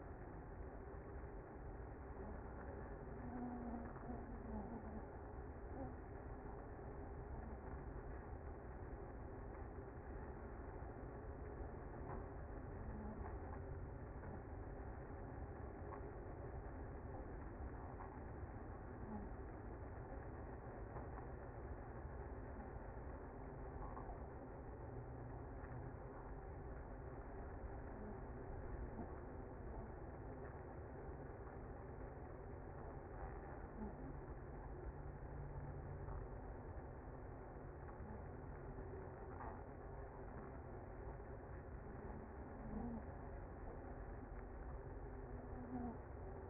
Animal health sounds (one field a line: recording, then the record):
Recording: honeybee colony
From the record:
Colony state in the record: active